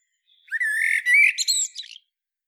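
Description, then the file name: Common blackbird: a harsh, rising strained call followed by a short scratchy flourish. "Turdus merula"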